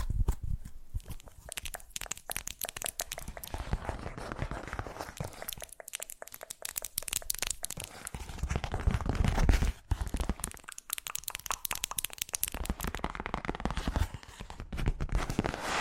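Fast-changing ASMR triggers: dense crinkling, crunching and tearing sounds packed with quick, irregular taps and rustles. The texture stays busy and bright throughout, with brief quieter gaps near six and eleven seconds before the rapid crackling picks up again.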